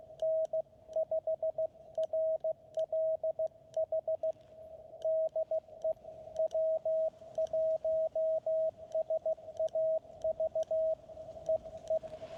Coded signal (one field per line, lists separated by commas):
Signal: Morse code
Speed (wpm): 15 wpm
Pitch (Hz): 640 Hz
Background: radio noise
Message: N5RLH DE W1SAV EE